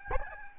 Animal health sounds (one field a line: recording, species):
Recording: mosquito wingbeat signal from an infrared sensor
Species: Aedes albopictus